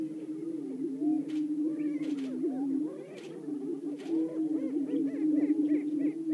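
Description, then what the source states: Greater prairie-chickens in chorus, a continuous low moaning drone overlaid by many looping whoops and cackles, with a few sharp clicks cutting through. Several greater prairie-chickens calling.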